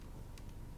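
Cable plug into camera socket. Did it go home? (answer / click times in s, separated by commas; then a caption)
yes / 0.4 s. A cable plug, lined up by its white arrow, is pushed into a camera socket. A short, bright click is heard at 0.4 s over a low steady background hum. The connector seats in place.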